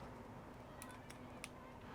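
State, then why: Seated. A plastic part with a clip on each side is set into its clip holder and pushed in firmly during spool holder assembly on a Bambu P1S 3D printer. Over a steady low background hiss, sharp snaps are heard at 0.8 s and 1.4 s, with a fainter tick at 1.1 s. The part is seated, snapping home with a solid click on both sides.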